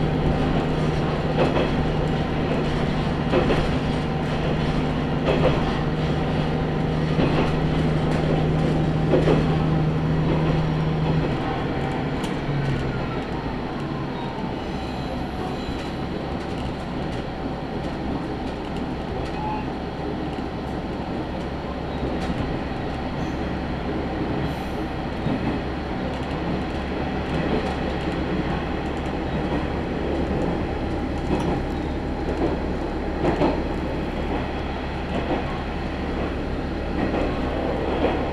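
A ride aboard the Tenryu Hamanako Railway between Kanazashi and Tenryu-Futamata, full of a steady low rumble of the railcar running on the track. A droning engine tone holds through the first eleven seconds, then fades, while scattered clicks and wheel knocks continue throughout.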